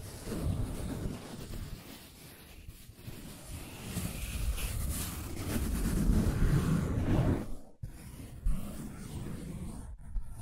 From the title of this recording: Scratching & Tracing